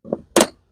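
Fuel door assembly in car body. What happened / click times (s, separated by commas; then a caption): The plastic part snapped into place / 0.4 s. A repaired plastic fuel door component on a 2020 Jeep Grand Cherokee, fixed because the fuel door wouldn't open, is pushed into the fuel door assembly in the car body. A soft low thump at 0.1 s leads into a sharp, bright crack at 0.4 s as the part snaps into place, followed by a faint tick at 0.8 s. The part is seated.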